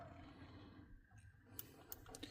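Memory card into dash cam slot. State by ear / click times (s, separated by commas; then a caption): seated / 1.6 s. A memory card is pushed back into the card slot of a FITCAMX 4K dash cam installed on a 2023 Chevy Colorado ZR2, where the slot is easily accessible without removing the camera. Over a low background hum, a sharp click at 1.6 s marks the card seating, followed by a few smaller ticks around 1.9 to 2.2 s. The card is seated.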